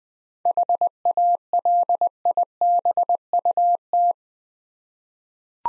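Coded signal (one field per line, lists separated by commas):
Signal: Morse code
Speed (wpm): 21 wpm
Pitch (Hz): 700 Hz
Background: none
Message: HALIBUT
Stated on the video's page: Morse practice of difficult words at 20 wpm with contextual hints.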